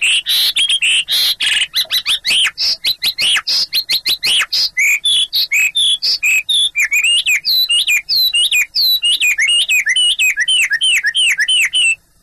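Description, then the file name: Chinese hwamei singing a fast, varied stream of clear whistles, early repeated notes giving way to looping, slurred phrases repeated in quick succession. "hwamei"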